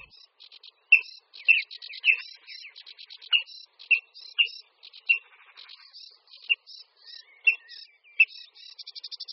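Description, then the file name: Water rail giving short, sharp kip notes in an uneven series, accompanied throughout by softer, higher ticking. "Chřástal vodní"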